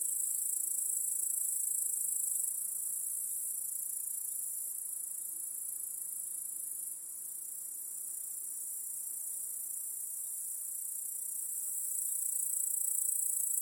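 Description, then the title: A cricket chorus rings steadily in a high buzzy trill, level fading slightly then rising toward the end. Cricket chorus in a backyard at night. "Crickets in Your Backyard. Discovering the Sounds of Home"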